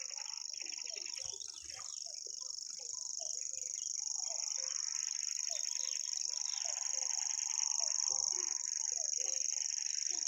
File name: reti tucsokmadar hangja